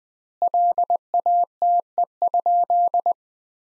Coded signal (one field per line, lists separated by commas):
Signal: Morse code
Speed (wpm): 20 wpm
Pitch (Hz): 700 Hz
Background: none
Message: LATE?